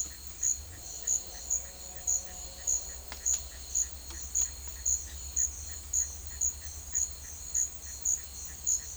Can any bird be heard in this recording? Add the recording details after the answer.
yes. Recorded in dense forest near Puerto Asís, Putumayo, Colombia, on 4 March 2025 at 10:00. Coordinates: 0.500, -76.322. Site GP06